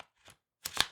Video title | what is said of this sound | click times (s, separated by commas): Zhiyun Cinepeer Weebill 3E. Affordable, compact, lightweight gimbal for Creators and Filmmakers. | you'll hear a click and then there's a locking lever and you just slide that forward to lock it | 0.8 s